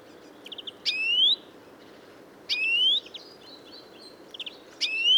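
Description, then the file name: European greenfinch repeating a loud rising wheezy note three times, roughly every two seconds, with brief soft chirps in between. "Chloris chloris"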